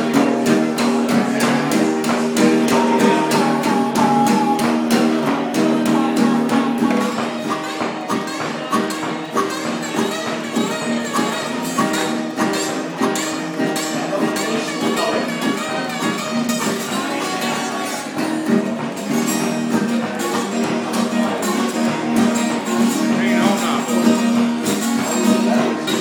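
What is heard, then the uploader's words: A band plays steadily and loudly throughout, with dense sustained chords, a regular crisp beat of sharp hits, and little low bass. Band playing during intermediates of the podcast I'm speaking at at Amen World HQ.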